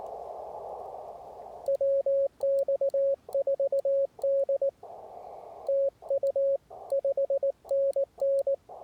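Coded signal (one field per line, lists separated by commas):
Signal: Morse code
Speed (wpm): 18 wpm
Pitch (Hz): 550 Hz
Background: radio noise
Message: WX4D TU 5NN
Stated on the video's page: CW during a Parks on the Air QRP portable activation, with an end-fed half-wave antenna.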